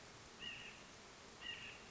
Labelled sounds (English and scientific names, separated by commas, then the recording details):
White-breasted Nuthatch (Sitta carolinensis)
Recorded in Sonoma County, California